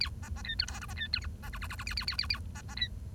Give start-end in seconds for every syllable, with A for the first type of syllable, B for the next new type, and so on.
0.00-0.09 A, 0.22-0.29 B, 0.36-0.42 B, 0.44-0.54 C, 0.59-0.65 D, 0.67-0.79 E, 0.81-0.85 F, 0.88-0.93 B, 0.97-1.07 C, 1.13-1.19 D, 1.21-1.26 G, 1.43-1.49 B, 1.53-1.58 H, 1.61-1.67 H, 1.69-1.75 H, 1.78-1.84 H, 1.86-1.94 A, 1.97-2.05 A, 2.07-2.16 A, 2.18-2.27 A, 2.29-2.39 A, 2.55-2.61 B, 2.68-2.75 B, 2.77-2.87 C